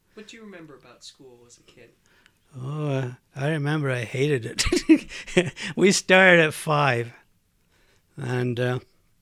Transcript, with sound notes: What do you remember about school as a kid?
Oh, I remember I hated it. ( he laughs ) We started at five, and